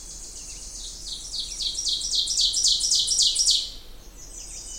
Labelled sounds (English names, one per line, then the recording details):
Ovenbird song
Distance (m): 10 m
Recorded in boreal forest in Alberta, Canada, on 20 June 2016 at 07:19
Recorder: SongMeter 3, array SBT-6-81
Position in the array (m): 32 m, 240 m
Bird 26